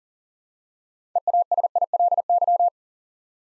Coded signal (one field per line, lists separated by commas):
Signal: Morse code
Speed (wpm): 40 wpm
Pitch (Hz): 700 Hz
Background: none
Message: EASILY